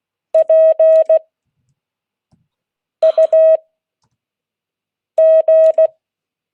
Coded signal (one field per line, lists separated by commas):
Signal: Morse code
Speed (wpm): 16 wpm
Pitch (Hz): 620 Hz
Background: none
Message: PUG